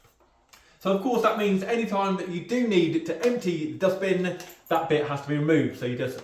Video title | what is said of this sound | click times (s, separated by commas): Sebo Balance A1 review | So, that just clips in. | 0.5 s